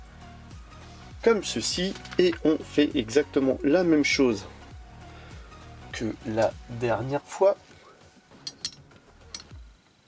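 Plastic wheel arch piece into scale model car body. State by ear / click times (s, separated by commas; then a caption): seated / 8.5 s, 9.3 s. Someone talks over background music while positioning the plastic front right wheel arch piece of an Altaya K2000 1/8 scale model car and pressing it into the car body. Sharp plastic clicks at 8.5 s and 9.4 s mark the part clipping into place on its own, fully seated.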